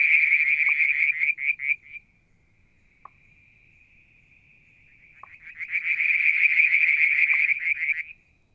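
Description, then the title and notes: Frogs: loud frog chorus of quick pulsed calls breaks off to a faint steady trill, then resumes strongly, punctuated by brief clicking notes. Striped marsh frog, Verreaux's tree frog and an unidentified frog; Mount Wilson, New South Wales, Australia; July 2022; evening near a water tank. "Frog song, Mount Wilson, New South Wales, Australia in July 2022 – by Alexander Moffatt. Limnodynastes Peronii, Litoria Verreauxii and a mystery frog one evening near the water tank"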